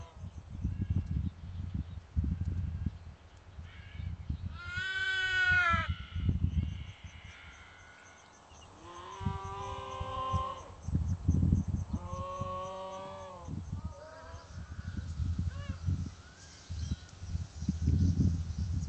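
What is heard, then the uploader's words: Sheep bleat in a few separate calls, wavering cries near 5, 10 and 12.5 seconds, with a shorter, fainter one around 15 seconds. Between them, low thumping and rustling noises come and go, and a faint high steady tone runs underneath. Sheep.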